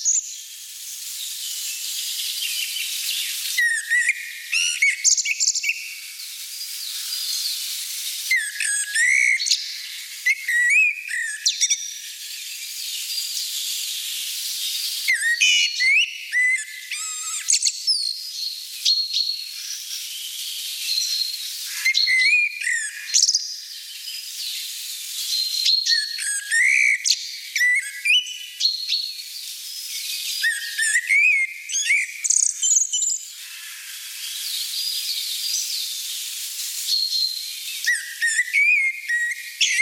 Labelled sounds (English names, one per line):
Common Blackbird song